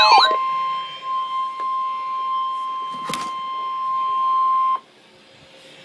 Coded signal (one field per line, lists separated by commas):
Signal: Emergency Alert System (SAME) tones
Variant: 1050 Hz attention tone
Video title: REAL EAS 563-Severe thunderstorm warning